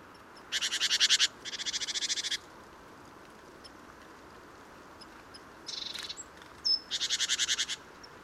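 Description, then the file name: Great tit harsh churring calls: buzzy, rapidly pulsed rattles in bursts of under a second, with a few brief high notes between them. "Parus major"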